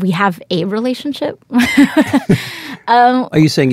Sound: laughter